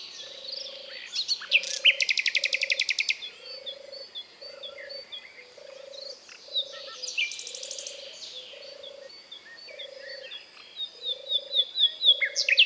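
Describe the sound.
Common nightingale song with bursts of rapid rattling notes and scattered chirps, over a steady low note repeated about once a second.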